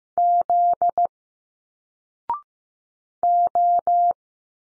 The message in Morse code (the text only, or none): Z O